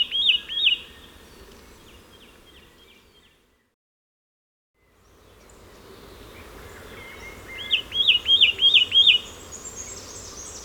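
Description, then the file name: Satin flycatcher calling in a brief run of rising whistles, then a silent gap, then a series of five or six upslurred notes in quick succession against faint hiss. "Myiagra Cyanoleuca"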